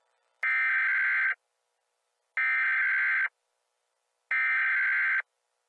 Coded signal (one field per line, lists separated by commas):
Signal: Emergency Alert System (SAME) tones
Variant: header bursts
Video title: Nuclear Karens: An EAS Scenario